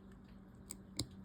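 A metal E-clip is pushed over a washer onto a shaft groove while reassembling a Zebco MICRO Trigger Spin MICROTSA-GWA4 fishing reel during service and lubrication. A faint tick at 0.7 s is followed by a sharp metallic snap at 1.0 s as the E-clip seats in place, though the clip is getting a little loose.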